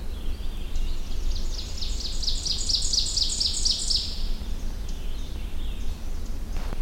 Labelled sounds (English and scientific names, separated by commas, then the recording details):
Ovenbird (Seiurus aurocapilla) song
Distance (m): 25 m
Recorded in boreal forest in Alberta, Canada, on 21 June 2016 at 08:39
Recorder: SongMeter 3, array SBT-6-81
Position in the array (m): 24 m, 105 m
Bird 24